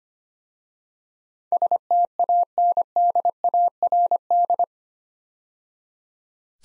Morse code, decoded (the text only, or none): STANDARD